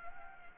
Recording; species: mosquito wingbeat signal from an infrared sensor; Anopheles gambiae